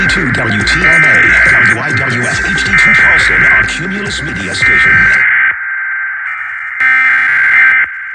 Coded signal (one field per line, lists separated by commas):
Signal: Emergency Alert System (SAME) tones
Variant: header bursts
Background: speech